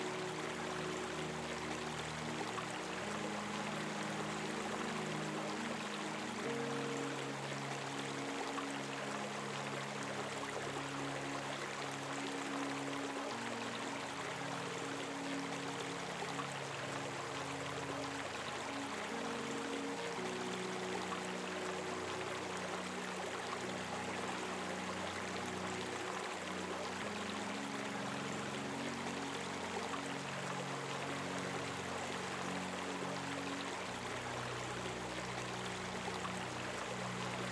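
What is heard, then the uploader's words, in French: A murmuring brook flows in a steady, dense rush of water, with a faint low hum underneath that shifts pitch a few times. Le son apaisant d'un ruisseau murmurant.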